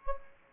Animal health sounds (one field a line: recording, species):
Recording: mosquito wingbeat signal from an infrared sensor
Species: Anopheles gambiae